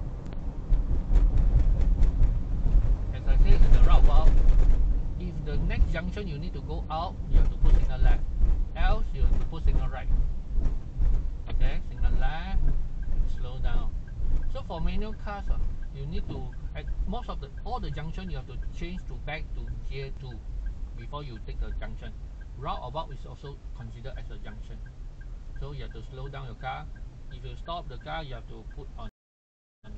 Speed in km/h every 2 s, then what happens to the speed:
44, 42, 38, 31, 23, 21, 18, 16, 13, 9, 7, 6, 5, 7, 5.
0-18 slows to 9. 18-30 steady at about 6.